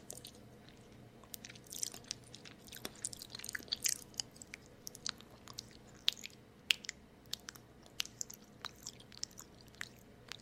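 Someone eats salted caramel brownie ice cream, with wet licking and nibbling sounds. Short, crisp mouth clicks and small crunches come irregularly and often, thickest around the fourth second, over a low steady hum that runs throughout.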